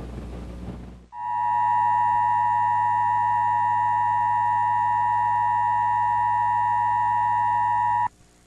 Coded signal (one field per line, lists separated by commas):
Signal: Emergency Alert System (SAME) tones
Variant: 853 and 960 Hz attention tone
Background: music